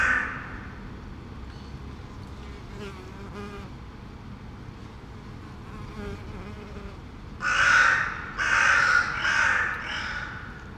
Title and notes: Saint-Gilles, Belgique - Bees, crows and pigeons. Abeilles, corneilles et quelques pigeons